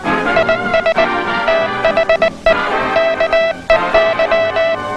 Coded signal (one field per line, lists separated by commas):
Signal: Morse code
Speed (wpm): 19 wpm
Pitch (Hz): 660 Hz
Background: music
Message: IS THE KEY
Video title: Aula de telegrafia do Exército Americano de 1966 12